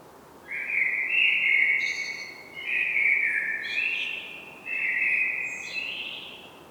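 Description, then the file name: Common blackbird singing three connected flowing phrases of mellow whistled notes, each finishing with thin, higher squeaky twitters. "Turdus merula"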